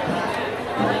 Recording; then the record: background sound without coughing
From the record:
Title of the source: CITY SOUNDS Busy Bar in the Evening Night - 2 HOURS of Ambiance for Relaxation